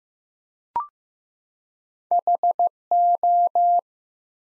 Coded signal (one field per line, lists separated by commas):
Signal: Morse code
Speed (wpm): 15 wpm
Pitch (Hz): 700 Hz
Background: none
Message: HO